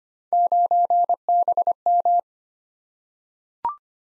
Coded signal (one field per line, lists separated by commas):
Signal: Morse code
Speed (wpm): 25 wpm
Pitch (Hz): 700 Hz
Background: none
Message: 9BM